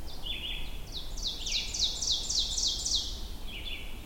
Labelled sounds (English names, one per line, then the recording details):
Ovenbird song
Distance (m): 30 m
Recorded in boreal forest in Alberta, Canada, on 22 June 2016 at 05:36
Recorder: SongMeter 3, array SBT-6-76
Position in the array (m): 150 m, 110 m
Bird 3